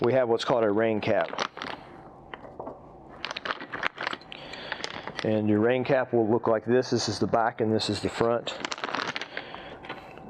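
A plastic rain cap for a powered air purifying respirator filter is handled, its back and front shown, and lined up before being clipped over the tab on the back of the filter. Someone talks while short plastic crackles and handling noises sound around 3.2–4.7 s and 8.8–9.4 s. Nothing has clipped into place yet.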